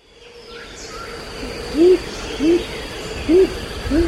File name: Blue-Crowned Motmot